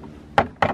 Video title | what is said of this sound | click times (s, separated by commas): VW T6.1 California Ocean - Vorstellung / Von Innen und Außen | zack bis es einrastet genau | 0.4 s, 0.6 s